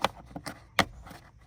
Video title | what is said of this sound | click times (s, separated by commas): Sunglasses Holder For Porsche Macan | Now install the screw covers. They should snap into place. Installed one, | 0.8 s